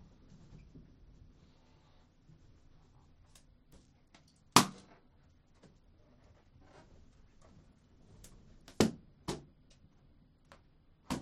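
Sharp, loud pops ring out one at a time in an indoor space: a big one near the five-second mark, then a cluster around nine seconds and another at the very end. Between them come quieter ticks and clicks over a low, steady murmur.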